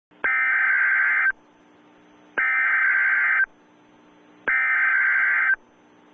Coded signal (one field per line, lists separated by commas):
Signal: Emergency Alert System (SAME) tones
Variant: header bursts